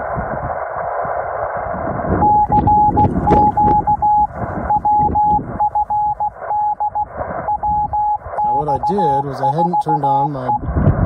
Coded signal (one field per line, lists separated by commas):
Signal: Morse code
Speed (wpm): 16 wpm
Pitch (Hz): 840 Hz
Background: speech, radio noise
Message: CQ WFD WX4E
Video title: City of Rocks State Park, New Mexico - WINTER FIELD DAY!!!